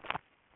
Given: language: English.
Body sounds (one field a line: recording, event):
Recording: throat vibration sensor signal played as sound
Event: swallow